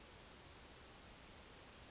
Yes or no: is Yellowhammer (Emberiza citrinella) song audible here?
no